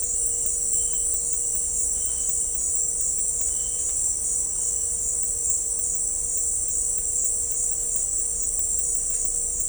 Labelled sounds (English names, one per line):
none